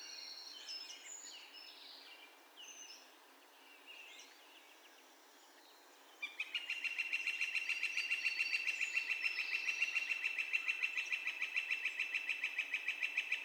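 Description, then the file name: Northern Flicker: various small birds chirp and whistle softly at first, then a northern flicker bursts into a long, rapid, even series of loud repeated notes. Calls; recorded 2 May 2020. "2020-05-02 Northern Flicker- Calls"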